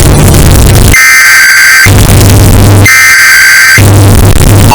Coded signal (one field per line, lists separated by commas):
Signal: Emergency Alert System (SAME) tones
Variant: header bursts